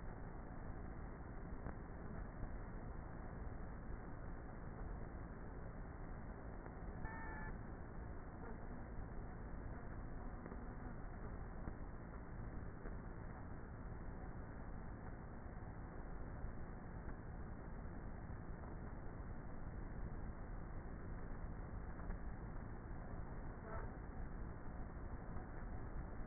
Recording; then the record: honeybee colony, microphone inside the hive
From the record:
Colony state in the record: queenless with a low population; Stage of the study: before two queens were removed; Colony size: about 30,000 bees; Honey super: no